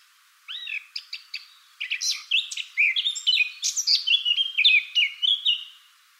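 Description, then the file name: Eurasian blackcap song, opening with soft separated notes then rising into a loud, fast, melodious warble that fades out at the end. "Sylvia atricapilla"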